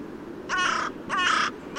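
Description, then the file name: Carrion crow repeating loud, rough caws, two full notes and the start of a third, evenly spaced about six tenths of a second apart. "Corvus corone"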